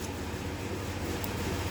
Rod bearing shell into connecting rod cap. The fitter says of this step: it locks in place. I think we're in some good shape.